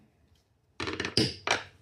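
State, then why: Seated. A 3D-printed plastic stiffening (coordinator) rod is pressed evenly on both sides into a 3D-printed banjo neck, with a little tightness. After near silence, short scraping and pressing knocks start at about 0.8 s, then a sharp snap at 1.2 s seats the rod, followed by one more knock at 1.5 s.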